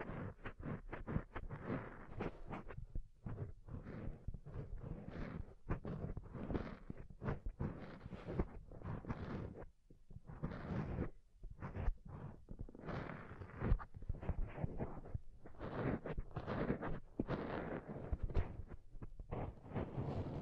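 Soft, fluffy ASMR rubbing sounds fill the recording as dense, muffled swishes and brushes that come in quick, uneven strokes. The texture is mostly low and thick with some airy brightness, pausing briefly around ten seconds before the steady rubbing resumes.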